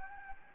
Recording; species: mosquito wingbeat signal from an infrared sensor; Anopheles gambiae